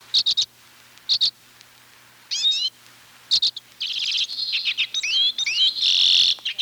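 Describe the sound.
Redpoll calls: clipped high chirps at first, then rising twangy notes and a run of buzzy, rattling chatter toward the end.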